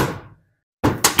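A replacement plastic starter gear assembly, with its spring, is pushed onto the electric starter shaft of a single-cylinder 31 cubic inch Briggs & Stratton small engine after a struggle to get it on. A fading rustle gives way to silence, then dense broadband handling noise with sharp clicks at 1.1 and 1.2 seconds. The gear seats and locks onto the shaft.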